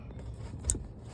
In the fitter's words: There you go, heard that little click hopefully.